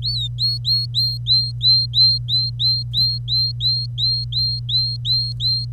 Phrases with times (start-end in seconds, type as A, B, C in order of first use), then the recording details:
0.03-5.66 A. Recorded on 25 April 2018 at 09:38. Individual llb3